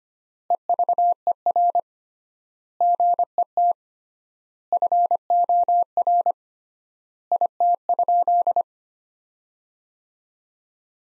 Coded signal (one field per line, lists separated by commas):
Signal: Morse code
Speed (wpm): 25 wpm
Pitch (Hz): 700 Hz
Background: none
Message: EVER GET FOR IT?